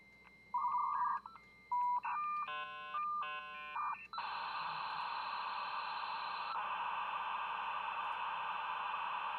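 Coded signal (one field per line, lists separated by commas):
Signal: dial-up modem handshake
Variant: 56K modem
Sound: quick tones and warbles, steady pitches and chirpy bursts, then loud continuous hiss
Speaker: Sounded like we had a good solid connection with the POTS landline using the US external robotics modem, US robotics modem 56K. Okay, we're at 32K with POTS.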